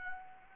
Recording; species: mosquito wingbeat signal from an infrared sensor; Anopheles gambiae